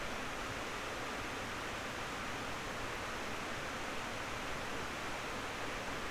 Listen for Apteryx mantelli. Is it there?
no